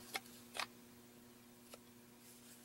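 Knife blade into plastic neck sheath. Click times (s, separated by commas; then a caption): 0.2 s, 0.6 s. A knife blade is slid into a hardened, reformed PVC neck sheath and locks in with sharp clicks at 0.2 s and 0.6 s, showing positive retention. A fainter tick follows at 1.7 s over a steady low hum.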